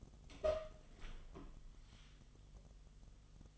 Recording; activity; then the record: daily activity, microphone in the room; open door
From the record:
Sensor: 4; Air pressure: 1005.7 hPa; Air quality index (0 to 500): 79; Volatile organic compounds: 1 ppm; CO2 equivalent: 963 ppm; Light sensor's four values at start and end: 13/31/12/11 and 13/30/12/11